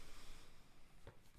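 A magnetic lid on a journal presentation box, held by small magnets rather than a mechanical latch, is handled close to the microphone with low rustling and a brief sharp sound at about 1.1 s. The lid has not snapped shut yet, and nothing has seated.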